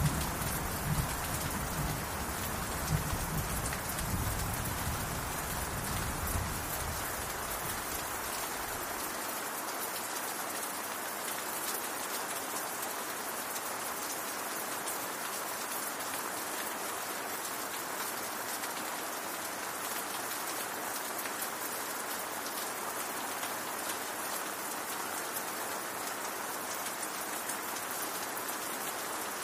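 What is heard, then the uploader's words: Steady, dense rain falls throughout, a bright hiss of countless drops with sharper taps scattered across it. A low rumble of thunder rolls under the rain at the start and fades away by about nine seconds, leaving only the even downpour. Rain On Castle With Thunder And Lightning.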